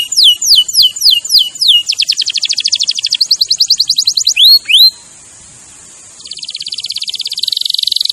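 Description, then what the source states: Canary song: quick descending chirps, then a fast rattling trill, two rising swept notes, a long thin high whistle, and a closing rapid buzzy trill. Champion canary song used as a master recording for training other birds.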